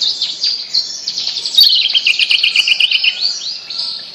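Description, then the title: Bird song, a continuous rapid stream of high, varied chirps and twittering trills. "Kicau Burung Yoi"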